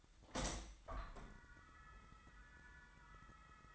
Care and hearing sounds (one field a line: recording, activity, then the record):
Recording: daily activity, microphone in the room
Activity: open window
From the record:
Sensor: 3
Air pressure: 1004.6 hPa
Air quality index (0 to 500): 72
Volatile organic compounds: 2 ppm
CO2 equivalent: 1075 ppm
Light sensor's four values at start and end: 7/16/6/6 and 7/17/6/6